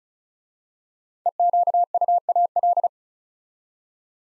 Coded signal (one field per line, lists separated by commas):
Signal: Morse code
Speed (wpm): 36 wpm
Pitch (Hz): 700 Hz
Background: none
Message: EQUAL